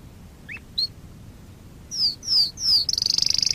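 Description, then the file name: Waterslager canary song beginning with a few soft isolated notes, then three descending slurred notes and the start of a rapid high trill. "waterslager"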